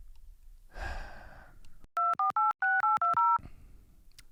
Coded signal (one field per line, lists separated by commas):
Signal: DTMF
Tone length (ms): 170 ms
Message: 2486820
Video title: How Did We Survive Before Cell Phones?